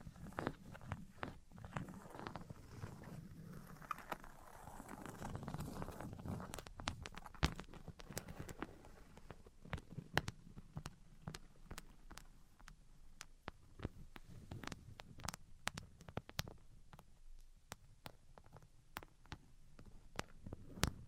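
Tapping and scratching sounds: sharp, bright clicks land irregularly every fraction of a second throughout, bunching up around the middle and near the end. Beneath them runs a low, rough rubbing texture that swells and fades, strongest in the first half.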